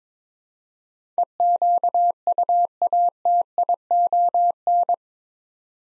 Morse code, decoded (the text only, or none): EQUATION